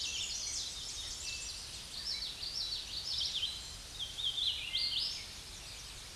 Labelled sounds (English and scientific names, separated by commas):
Hooded Warbler (Setophaga citrina) song